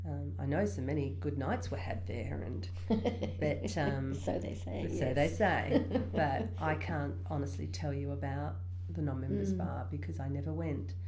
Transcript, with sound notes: I know some many good nights were had there but…
So they say… [laughs]
but I can’t honestly tell you about the non-members bar because I never went.